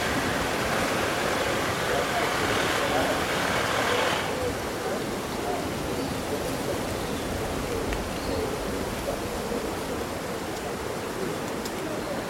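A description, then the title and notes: Leaves rustle in a steady summer breeze, a dense, even hiss that stays level throughout. For the first four seconds a brighter gust adds a sharper rush on top, then it settles into a softer, constant wash. A few faint, brief chirps surface near the end. Breezy Summer Day Rustling Leaves and Birdsong.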